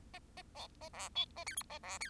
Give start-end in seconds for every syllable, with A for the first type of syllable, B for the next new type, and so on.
0.13-0.19 A, 0.37-0.42 A, 0.55-0.67 B, 0.81-0.89 A, 0.93-1.09 C, 1.15-1.25 D, 1.36-1.44 A, 1.46-1.55 E, 1.56-1.63 F, 1.70-1.79 A, 1.83-1.98 C, 2.00-2.10 E